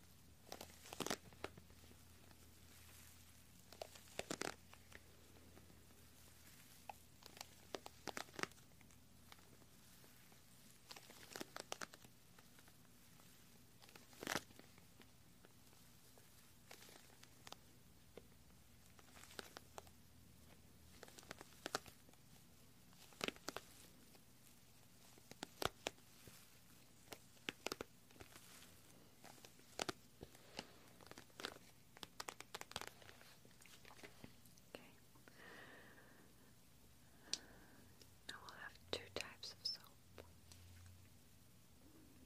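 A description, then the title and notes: Gentle clicky, sticky sounds tick and crackle irregularly over a quiet low hum, the sharp clicks coming in scattered bursts every second or so throughout. Toward the end a few brighter, squeaky soapy noises appear among the clicks. Assorted Gentle Sounds .. Silent . Clicky . Sticky . Soapy.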